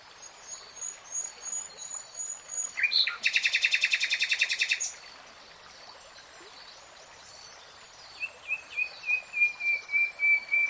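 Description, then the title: Nightingale song: high repeated notes, a loud dense rattling trill, a pause, then a series of quick repeated notes. Singing in real time. "[Tiếng chim hót] 3 Hours REALTIME Nightingale Singing"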